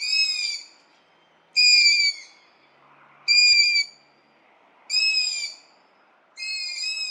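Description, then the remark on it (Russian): Long-eared owl chicks in the evening, heard through a window, give repeated high, squeaky begging calls, five harsh drawn-out squeals spaced about every one and a half seconds, with faint background noise between them. “Мы просто сидели, пили чай вечером, и тут из окна мы слышим писки птенцов ушастой совы. Они очень характерные, можно послушать.”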